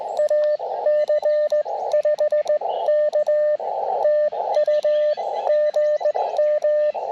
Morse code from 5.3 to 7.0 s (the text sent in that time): GM